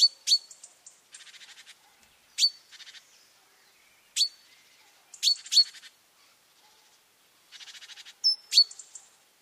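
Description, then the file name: Great tit giving calls, crisp high ticking notes mixed with dry buzzy churrs in short bursts, with short pauses between. "Parus major"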